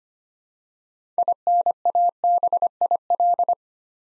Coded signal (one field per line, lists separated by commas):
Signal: Morse code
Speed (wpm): 25 wpm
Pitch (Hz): 700 Hz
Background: none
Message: INABIL